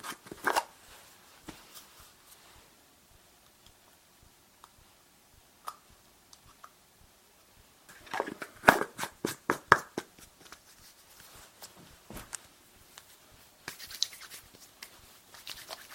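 Layered tapping and hair brushing, with sharp taps scattered through a quieter stretch, then a dense flurry of quick, bright taps from about 8 to 10 seconds. Soft, hissy brushing swells near the start and again around 13 to 15 seconds.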